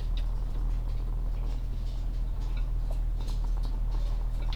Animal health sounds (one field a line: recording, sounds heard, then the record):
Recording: poultry house recording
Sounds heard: sick chickens (respiratory disease)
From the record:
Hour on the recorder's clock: 17